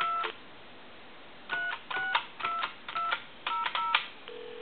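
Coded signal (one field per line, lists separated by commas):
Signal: DTMF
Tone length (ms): 170 ms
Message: 2 362200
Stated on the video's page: DTMF from a repaired Mickey Mouse novelty telephone during its final checkout.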